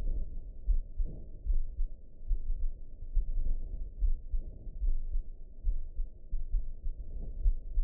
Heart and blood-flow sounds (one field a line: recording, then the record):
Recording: heart sounds by optical stethoscope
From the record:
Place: aortic valve (AV)